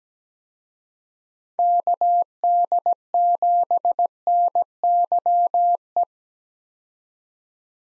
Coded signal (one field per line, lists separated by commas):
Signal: Morse code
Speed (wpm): 17 wpm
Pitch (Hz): 700 Hz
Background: none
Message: KD7NYE